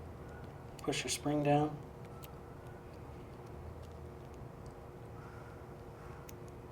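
Someone talks briefly while a spring is compressed over a Pro-Line Pro-Spec RC car shock body and a plastic spring cup is handled onto the shock shaft end, followed by quiet handling with faint sharp ticks at about 2.2 s and 6.3 s. The clip ends before the spring cup pops into place; nothing has seated yet.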